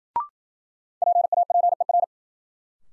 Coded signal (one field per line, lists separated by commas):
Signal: Morse code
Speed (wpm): 54 wpm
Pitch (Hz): 700 Hz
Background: none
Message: PAPER